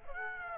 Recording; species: mosquito wingbeat signal from an infrared sensor; Aedes aegypti